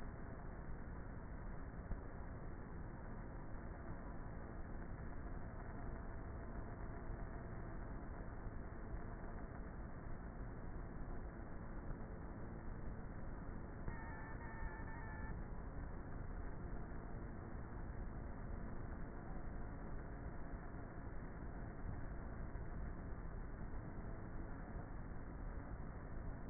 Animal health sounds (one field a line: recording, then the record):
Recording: honeybee colony, microphone inside the hive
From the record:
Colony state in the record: queenless with a low population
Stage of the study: before two queens were removed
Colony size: about 30,000 bees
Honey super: no